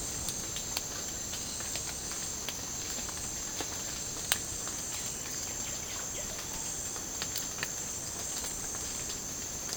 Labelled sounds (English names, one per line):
none